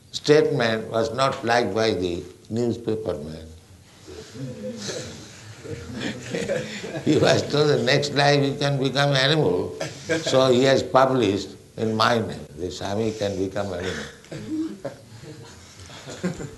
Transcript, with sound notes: statement was not liked by the newspaper man. [laughing] He was told that next life you can become animal, so he has published in my name, "The svāmī can become animal."